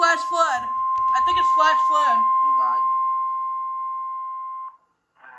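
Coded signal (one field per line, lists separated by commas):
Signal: Emergency Alert System (SAME) tones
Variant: 1050 Hz attention tone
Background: speech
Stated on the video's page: Flash flood warning for Shreveport, Louisiana heard on NOAA Weather Radio.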